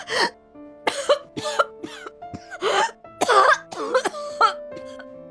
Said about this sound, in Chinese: 一句话没有说完，陈淑兰就剧烈的咳嗽，几乎要将肺咳出来，有些苍白的脸也出现了不正常的红。好半晌，他停了咳嗽